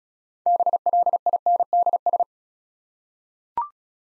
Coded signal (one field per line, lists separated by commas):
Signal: Morse code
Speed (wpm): 35 wpm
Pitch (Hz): 700 Hz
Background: none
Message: BLINDS